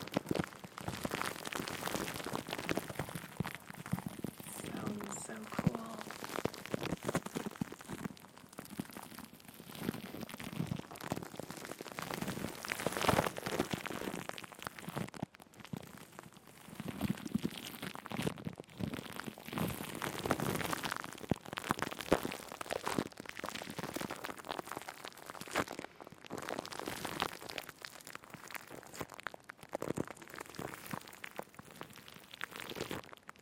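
Dense crinkling of plastic wrap fills the whole clip, a steady stream of tiny bright crackles with no real pauses. The rustling swells and eases in waves every few seconds, with brief near-silent breaks around fifteen and twenty-nine seconds.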